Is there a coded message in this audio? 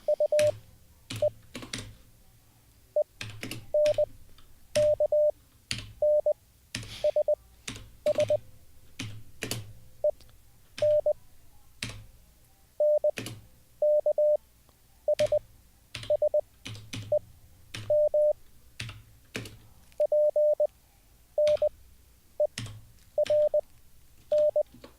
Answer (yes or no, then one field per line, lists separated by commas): yes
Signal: Morse code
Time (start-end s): 0.1-24.6 s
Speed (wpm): 18 wpm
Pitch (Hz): 590 Hz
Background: none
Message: U E E N K N S S E N N K S S E M P N E R N